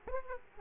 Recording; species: mosquito wingbeat signal from an infrared sensor; Aedes aegypti